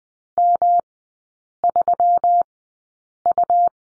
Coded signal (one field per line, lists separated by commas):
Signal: Morse code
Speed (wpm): 20 wpm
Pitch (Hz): 700 Hz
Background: none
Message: M3U